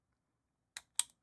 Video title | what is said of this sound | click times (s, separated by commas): Swedish Mauser's bolt 98 & 96 Disassembly & Care | You hear that click? So the bolt completely disengaged, | 0.8 s, 1.0 s